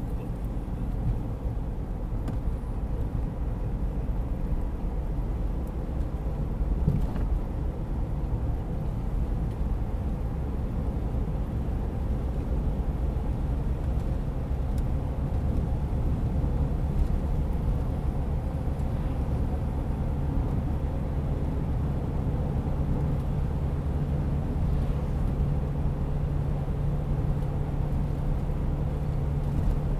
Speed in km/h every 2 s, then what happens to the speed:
62, 62, 65, 65, 64, 68, 73, 73, 76, 77, 78, 79, 80, 80, 81.
0-9 steady at about 64. 9-16 speeds up to 76. 16-30 steady at about 79.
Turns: none.